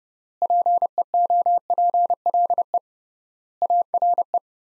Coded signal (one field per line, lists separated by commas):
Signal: Morse code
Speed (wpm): 32 wpm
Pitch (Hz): 700 Hz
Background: none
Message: PEOPLE ARE